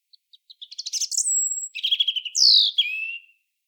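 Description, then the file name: European robin song opening with soft ticks, then a fast trill, a sustained very high whistle, and a descending thin slurred ending. "Erithacus rubecula"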